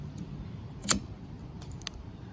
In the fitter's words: Snapped it right into the hole there.